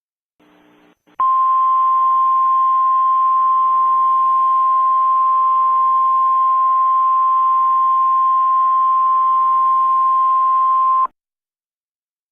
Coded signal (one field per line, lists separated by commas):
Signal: Emergency Alert System (SAME) tones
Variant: 1050 Hz attention tone